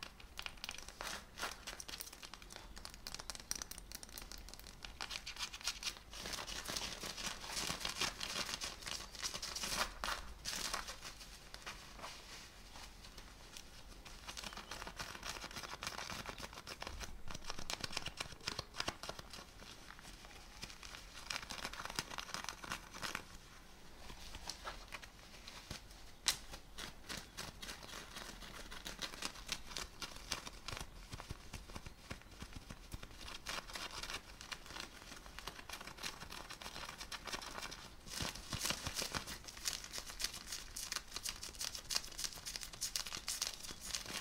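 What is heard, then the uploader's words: Fabric is scratched and rubbed continuously for the whole stretch, a dense, bright, crinkly rasp made of rapid scrapes. Stronger bursts swell around ten, twenty, and thirty-eight seconds, with occasional sharp ticks like a belt buckle knocking. ASMR - FABRIC SCRATCHING(Jeans shirt skin scratching, belt sounds).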